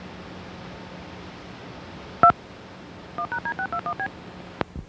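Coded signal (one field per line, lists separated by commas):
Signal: DTMF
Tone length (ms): 80 ms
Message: 2 1#D621B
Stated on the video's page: DTMF tone sequence on a bootleg VHS tape.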